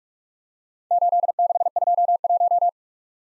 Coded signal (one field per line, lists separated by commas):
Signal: Morse code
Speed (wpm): 49 wpm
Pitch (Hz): 700 Hz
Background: none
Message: 8621